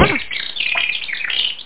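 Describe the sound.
Birds chirping, a dense continuous chatter of high twittering notes, muffled and limited in brightness, with no pauses throughout.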